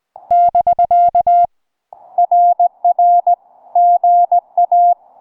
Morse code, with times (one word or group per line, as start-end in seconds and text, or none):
0.3-1.5 <BK>
2.2-3.3 RR
3.8-4.9 GA